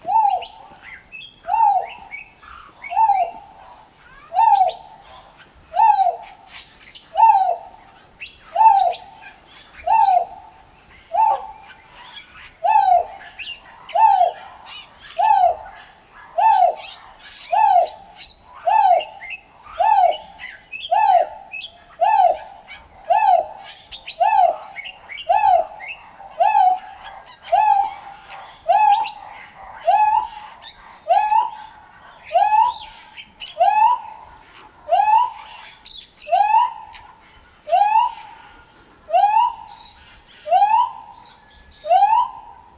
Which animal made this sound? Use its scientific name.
Argusianus argus